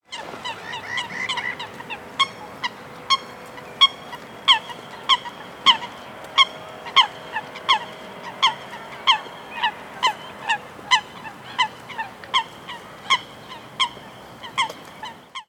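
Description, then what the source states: Duck giving a long series of loud nasal quacks over soft background noise. In a city park.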